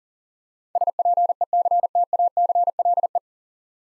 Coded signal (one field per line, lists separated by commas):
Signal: Morse code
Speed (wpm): 40 wpm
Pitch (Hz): 700 Hz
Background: none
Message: SPECTACLE